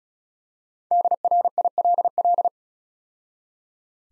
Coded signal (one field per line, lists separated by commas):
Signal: Morse code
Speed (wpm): 34 wpm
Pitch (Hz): 700 Hz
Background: none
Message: DRILL